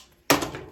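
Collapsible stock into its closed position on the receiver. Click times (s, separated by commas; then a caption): 0.3 s. A collapsible stock on a compact firearm is shut into its closed position on the receiver to shorten the overall length. It locks with one sharp, loud snap at 0.3 s, followed by a brief ringing decay and a faint secondary tick around 0.5 s. The stock is seated and locked closed.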